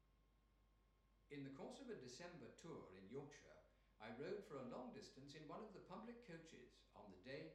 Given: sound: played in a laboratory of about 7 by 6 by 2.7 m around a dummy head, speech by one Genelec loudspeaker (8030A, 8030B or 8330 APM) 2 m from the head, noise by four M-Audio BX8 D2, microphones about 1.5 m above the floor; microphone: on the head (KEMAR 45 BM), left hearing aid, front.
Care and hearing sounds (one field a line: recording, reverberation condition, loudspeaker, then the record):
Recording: male speech in English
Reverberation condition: medium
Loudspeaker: in front (0 degrees)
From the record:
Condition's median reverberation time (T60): about 510 ms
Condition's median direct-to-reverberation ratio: about -0.5 dB